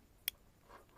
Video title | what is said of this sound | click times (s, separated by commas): SUCCESS! Solar panels are installed and the cabin is hard-wired into the system. | the other end and it just snaps right in | 0.3 s